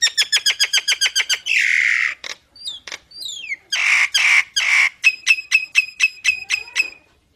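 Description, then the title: Nias hill myna song: a fast series of ringing notes, a harsh buzzy rasp, short falling whistles, then more rasps and rapid repeated notes. Energetic 'gacor' singing with a very loud 'super gledek' voice, used as master material for tutoring songbirds. "Burung Jalak Nias Gacor Suara Super Gledek Untuk Masteran"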